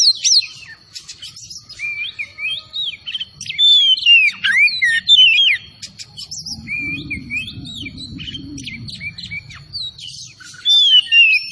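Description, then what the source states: Oriental magpie-robin with rich, rambling whistled song of rising and falling notes, while a low rumbling noise swells for a few seconds in the middle. Kacer Tretes bird, singing vigorously (gacor).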